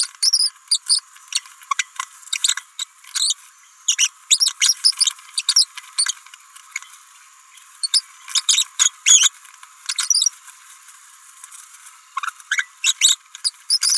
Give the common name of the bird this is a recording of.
Green-rumped Parrotlet